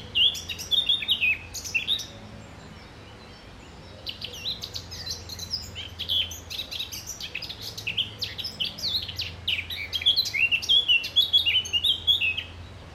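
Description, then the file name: Eurasian blackcap singing in bursts of rapid, scratchy warbling mixed with clearer whistled notes, with a brief quieter gap between phrases. "Sylvia atricapilla"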